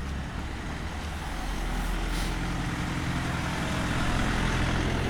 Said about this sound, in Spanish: pero ahora ya, bueno, oye, ahora ya hay otra cosa, hay más tráfico, hay casi demasiado, las calles estrechas.